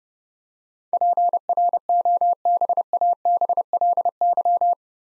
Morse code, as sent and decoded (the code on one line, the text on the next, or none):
.--. .-. --- -... .- -... .-.. -.--
PROBABLY